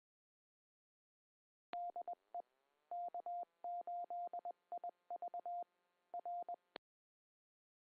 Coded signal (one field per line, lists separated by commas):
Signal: Morse code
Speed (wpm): 21 wpm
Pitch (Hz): 700 Hz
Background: none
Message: DE K8IV R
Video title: PCARS - K8BF Thursday Evening 2 meter net. 146.895MHz PL tone 118.8, 8:00 PM, 7-11-24